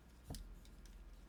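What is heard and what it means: A plastic shoulder piece is pressed into the arm joint assembly of a model kit, giving a sharp plastic click at 0.4 s, followed by two fainter ticks at about 0.7 s and 0.9 s. The shoulder part pops in and seats in its joint.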